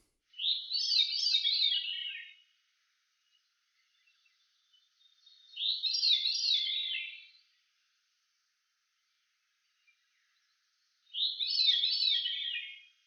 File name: John Neville - Veery Grive Fauve